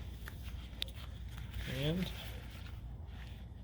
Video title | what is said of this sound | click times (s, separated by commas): Replacing Fuel Filter on your 1996 Jeep Grand Cherokee ZJ | you want to hear that click | 0.8 s